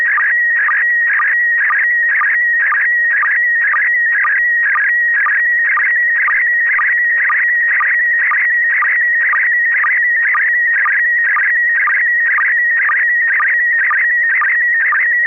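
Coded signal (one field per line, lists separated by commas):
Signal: SSTV (slow-scan television)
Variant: PD120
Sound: warbling, chirping tone shifting rapidly in pitch, with a low blip twice per second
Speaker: uh affirmative this picture is going to go out PD 120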